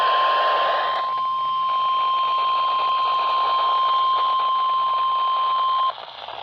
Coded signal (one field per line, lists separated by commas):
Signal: Emergency Alert System (SAME) tones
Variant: 1050 Hz attention tone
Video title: EAS Capture 1 - Severe Thunderstorm Warning 156